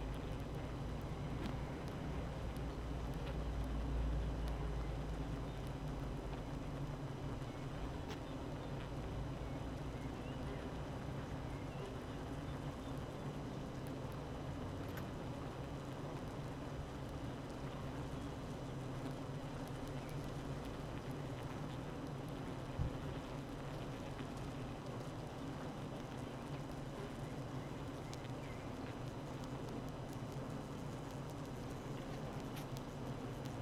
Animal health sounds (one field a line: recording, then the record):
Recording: honeybee colony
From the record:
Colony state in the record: active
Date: 12 June 2018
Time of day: 8:18